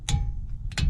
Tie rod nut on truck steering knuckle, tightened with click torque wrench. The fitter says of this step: 45 foot-pounds of torque. You're going to hear a click.